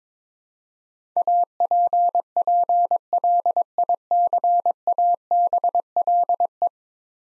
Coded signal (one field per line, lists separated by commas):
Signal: Morse code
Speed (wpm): 22 wpm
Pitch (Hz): 700 Hz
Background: none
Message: APPLICABLE